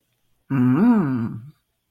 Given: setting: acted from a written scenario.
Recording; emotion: vocal sound without words; desire